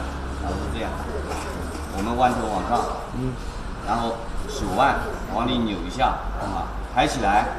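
A man talks throughout as a small cleaning brush with two 90-degree bends is hooked into the gap between a washing machine's inner and outer drum, with the wrist turned inward and the brush lifted before being pushed down. A steady low hum runs underneath. The brush head has not yet clicked into the drum gap, and nothing has seated.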